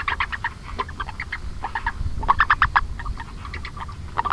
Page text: 長腳赤蛙 Rana longicrus 李承恩 2012/01/08 新北市 五股區 御史路旗竿湖菜園 氣溫: 17 水池邊的菜園內 鳴叫